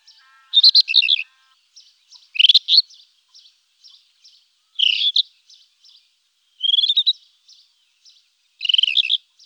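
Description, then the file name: Rufous-tailed scrub robin song, a series of sweet warbled and rising whistled phrases repeated every second or two, with soft faint notes between them. "rufous bush robin"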